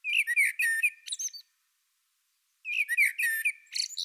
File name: Turdus merula